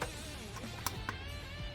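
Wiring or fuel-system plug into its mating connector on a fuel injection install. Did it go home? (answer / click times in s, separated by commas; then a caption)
yes / 0.9 s, 1.1 s. During an EFI fuel injection install on a car, a wiring or fuel-system plug is pushed onto its mating connector and gives two short, sharp clicks at 0.9 s and 1.1 s over steady background music. The plug is seated.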